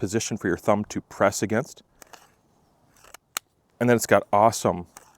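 Someone talks while handling a Gritr Scout fixed-blade knife at its molded plastic Kydex-style sheath, which has a thumb release and is praised for its retention. Between the bursts of talk, faint handling ticks fall around 2.0–3.2 s, with one sharper tick at 3.4 s. The knife has not yet snapped into the sheath, and nothing has seated or clicked yet.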